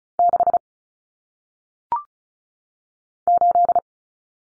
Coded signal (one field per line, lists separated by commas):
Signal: Morse code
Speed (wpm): 36 wpm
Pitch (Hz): 700 Hz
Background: none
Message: 6 8